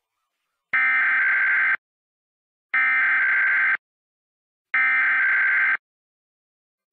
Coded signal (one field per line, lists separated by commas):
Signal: Emergency Alert System (SAME) tones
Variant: header bursts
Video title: EAS Scenario Story- Unknown Box Part 1